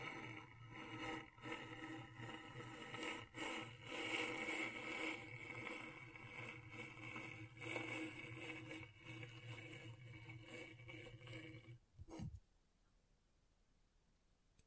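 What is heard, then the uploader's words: A tool scrapes across a scratchboard in dense, gritty strokes over a steady low hum, with brief gaps and sharper clicks every second or so. Near twelve seconds a quick low sweep sounds, and the scraping cuts off into faint, quiet hiss. ASMR Brain Tingling Scratchboard (No Talking).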